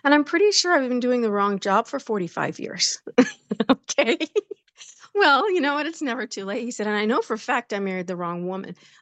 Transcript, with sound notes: and I'm pretty sure I've been doing the wrong job for 45 years." (laughs) Okay. (laughs) "Well, you know what? It's never too late," he said, "and I know for a fact I married the wrong woman.